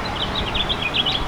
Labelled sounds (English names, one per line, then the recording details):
House Finch song
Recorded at Babylon on Long Island, New York, on 18 May 2013
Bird C